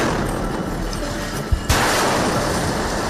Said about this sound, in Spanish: varias explosiones sacudieron la oficina de la France Presse en Gaza. Todas fueron grabadas por nuestra cámara instalada en el lugar.